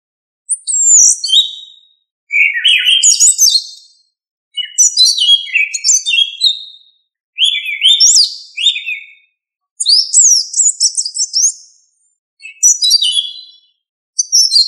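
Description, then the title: Thrush song, with varied high warbled phrases of quick notes, each lasting over a second and repeated about every two seconds after short silences. Labelled with the family Turdidae and the local name sabiá. "Familia Turdidae - Sabia"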